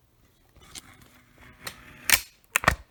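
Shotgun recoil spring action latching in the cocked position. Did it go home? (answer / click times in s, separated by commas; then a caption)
yes / 2.6 s. The recoil spring action of a Browning Recoilless trap shotgun is worked through its stretch, with light mechanical clicks and a louder scrape around 2.1 s. A sharp metallic snap at 2.6 s, followed by a second hit at 2.7 s, is the action latching, leaving it cocked and locked.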